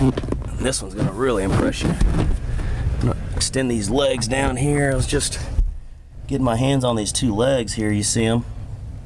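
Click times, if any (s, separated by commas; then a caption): none. On a 2015 Glastron GT205, support legs are handled as they are about to be folded down into a boat bench seat frame to turn it into a chaise lounge, while someone talks throughout. Faint handling noise sits under the speech. Nothing has seated or clicked yet, and the legs have not locked into place.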